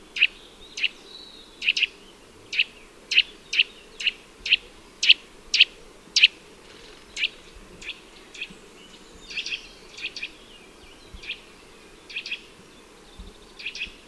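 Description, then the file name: Eurasian nuthatch calling a rapid series of loud, clipped notes, about two per second, then softer and more scattered doubled notes. "Sitta europaea"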